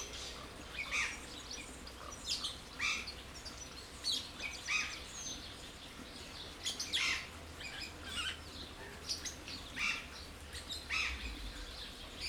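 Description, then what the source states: Birds giving short, sharp chirps at irregular intervals over a low background hum, with a few louder clusters of notes. Recorded at Jászberény Zoo in 2016.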